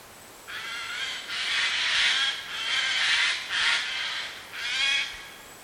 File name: Garrulus glandarius